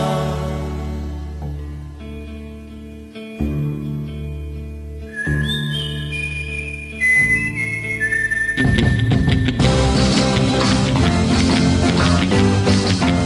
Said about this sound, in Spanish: ¿Qué tal ese silbidito encantador, rítmico y melódico?